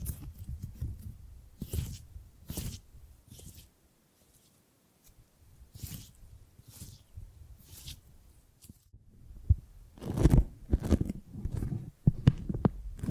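Tingly gripping and grabbing sounds come as short, scratchy bursts of rustle and friction, some crisp and bright, others low and thumpy. They arrive in irregular clusters with brief silences, quieter around the fourth and fifth seconds, then grow denser and louder from about ten seconds on.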